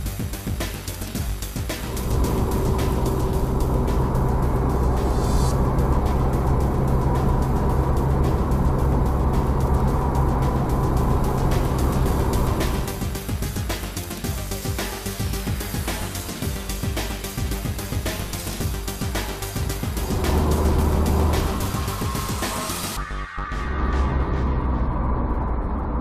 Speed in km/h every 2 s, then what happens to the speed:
85, 82, 84, 86, 87, 86, 84, 81, 76, 75, 80, 80, 68.
0-11 steady at about 85. 11-17 slows to 75. 17-23 steady at about 80. 23-26 brakes to 68.